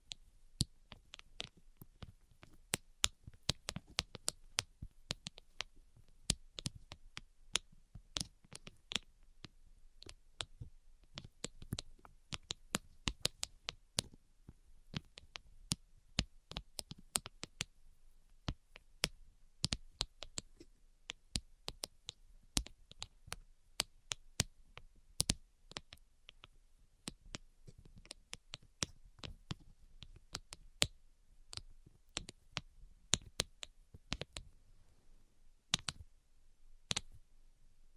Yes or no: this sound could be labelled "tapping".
yes